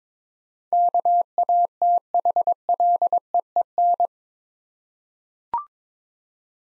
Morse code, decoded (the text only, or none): KATHLEEN